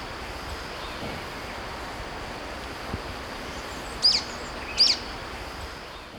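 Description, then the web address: Golden-crowned flycatcher, two abrupt shrill squeaky calls near the end after a stretch of steady high hum. Recorded in Ecuador. "Natures Songs S America Birds of Ecuador Golden-Crowned Flycatcher"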